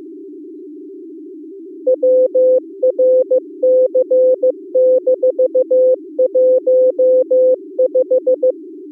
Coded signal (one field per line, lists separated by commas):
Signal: Morse code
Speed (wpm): 21 wpm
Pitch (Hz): 510 Hz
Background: music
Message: WRC-15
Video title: Daily Minutes, November 14, 2015, with low level Contestia data.